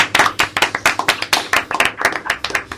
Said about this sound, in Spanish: Así que tenéis que recibir un aplauso porque vosotros habéis posibilitado que el Complejo Holanda continúe.